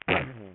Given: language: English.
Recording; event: throat vibration sensor signal played as sound; throat clearing